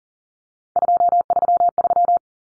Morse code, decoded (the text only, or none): 233